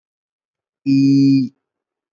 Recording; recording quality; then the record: sustained vowel as in beet; excellent, no background noise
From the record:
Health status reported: exposed to COVID-19, no respiratory illness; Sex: male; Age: 26 years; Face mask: not worn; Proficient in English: yes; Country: India